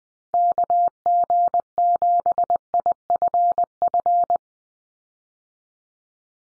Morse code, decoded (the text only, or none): KG7IFF